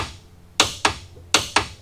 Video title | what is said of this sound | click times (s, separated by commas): Keller Ball Joint Rebuild on the Honey Badger Can-Am X3 | nice satisfying click | 1.3 s